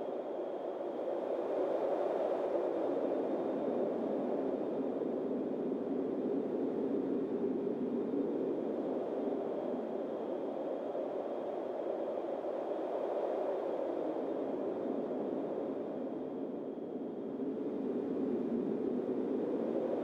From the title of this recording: Wispy Windstorm Ambient Noise